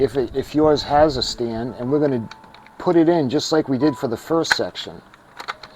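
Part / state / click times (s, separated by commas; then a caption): toy starship onto plastic stand clip / not seated / none. Someone talks while handling a 1994 Playmates Star Trek Generations Electronic USS Enterprise NCC-1701-B plastic toy starship, getting it ready to slide onto the clip piece of its plastic display stand. A few brief, faint taps are heard near the end. Nothing has seated or clicked yet.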